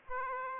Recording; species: mosquito wingbeat signal from an infrared sensor; Aedes aegypti